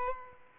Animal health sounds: mosquito wingbeat signal from an infrared sensor; Aedes aegypti

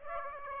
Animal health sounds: mosquito wingbeat signal from an infrared sensor; Aedes aegypti

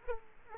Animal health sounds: mosquito wingbeat signal from an infrared sensor; Aedes aegypti

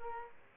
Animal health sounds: mosquito wingbeat signal from an infrared sensor; Aedes aegypti

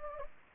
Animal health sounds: mosquito wingbeat signal from an infrared sensor; Anopheles gambiae

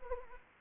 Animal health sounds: mosquito wingbeat signal from an infrared sensor; Anopheles arabiensis

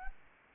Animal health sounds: mosquito wingbeat signal from an infrared sensor; Anopheles arabiensis

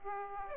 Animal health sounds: mosquito wingbeat signal from an infrared sensor; Aedes aegypti

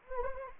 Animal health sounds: mosquito wingbeat signal from an infrared sensor; Anopheles arabiensis

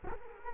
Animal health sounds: mosquito wingbeat signal from an infrared sensor; Culex quinquefasciatus

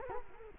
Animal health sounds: mosquito wingbeat signal from an infrared sensor; Culex quinquefasciatus

